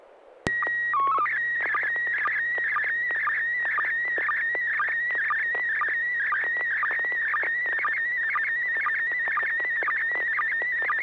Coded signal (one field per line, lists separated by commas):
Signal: SSTV (slow-scan television)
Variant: PD 120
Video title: N6NA SSTV Net - 10/23/2024